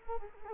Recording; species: mosquito wingbeat signal from an infrared sensor; Culex quinquefasciatus